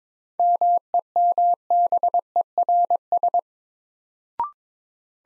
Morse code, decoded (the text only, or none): MEMBERS